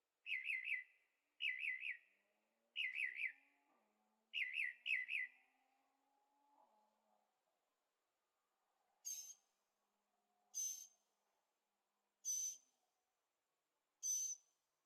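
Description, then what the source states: Bird song of buzzy trilled phrases repeated every second or so, then high thin chirps at intervals, with a faint low hum underneath. Several birds singing at night in Carefree, Arizona, with an occasional distant motorcycle; recorded in stereo with a Zoom H6.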